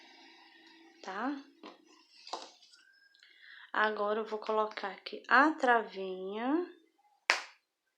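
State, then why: Partly seated. Someone talks while a plastic lock washer is placed on a safety joint stem through a crochet toy body and pushed down. A loud, sharp snap is heard at 7.3 s as the washer engages one notch, only partly seated, with further adjustment still to come.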